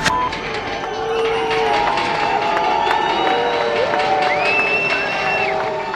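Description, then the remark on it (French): A large crowd of journalists, police and others gathers outside the assize court in Arlon, Belgium, on the morning of 1 March 2004, filling the air with a steady, dense roar of overlapping voices and shouts, while thin high tones slide up and down above the din. “Il y a foule ce matin devant la cour d'assises d'Arlon, petite ville du sud-est de la Belgique.”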